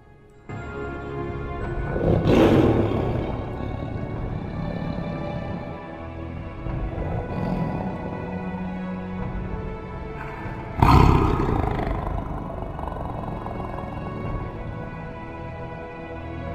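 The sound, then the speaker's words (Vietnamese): A deep, rumbling monster roar from the beast Bạch Trạch, roaring in fury, swells and sustains, with a second sharp, explosive roar bursting out around the middle before trailing into a long, growling rumble. “Tiếng phẫn nộ của nó gầm lên, vang vọng cả trời đất, chấn động cả thiên địa.”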